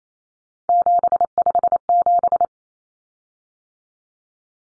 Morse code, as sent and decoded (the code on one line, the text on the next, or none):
--... ..... --...
757